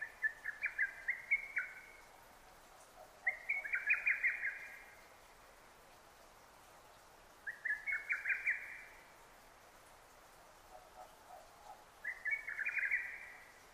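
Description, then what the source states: Lesser cuckoo delivering four rapid whistled phrases separated by pauses of a few seconds, with faint lower notes in a gap. Recorded 6 June 2009.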